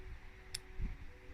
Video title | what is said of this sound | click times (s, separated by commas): Fishing the Usk with Vintage Hardy Landing Net with Priestly Blessing! | That said, I heard something snap. | 0.6 s